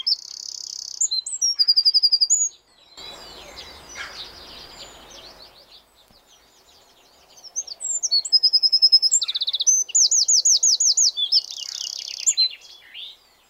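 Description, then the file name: Eurasian wren singing two bursts of shrill, rapid trills and twittering phrases separated by several seconds of quiet rustling background sound. "Troglodytes troglodytes"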